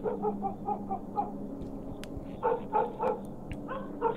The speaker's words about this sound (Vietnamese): Ở đằng sau, con chó mực vẫn cứ sủa lên inh ỏi lên hồi.